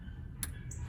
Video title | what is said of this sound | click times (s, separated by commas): How to change a headlight bulb on 2015+ Dodge Charger | Everything clicks back in. | 0.4 s